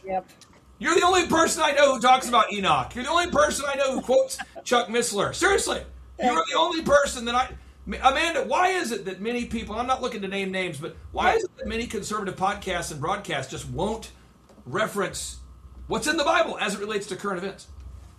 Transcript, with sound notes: You're the only person I know who talks about Enoch.
(laughs)
You're the only person I know who quotes Chuck Missler. Seriously.
Right.
You are the only person that I... A- Amanda, why is it that many people, I'm not looking to name names, but why is it that many conservative podcasts and broadcasts just won't reference what's in the Bible as it relates to current events?